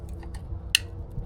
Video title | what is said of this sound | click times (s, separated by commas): Range Technology DFM Module GM Refresh: DIDN'T WORK FOR ME | and you hear that click and then you're going to push | 0.8 s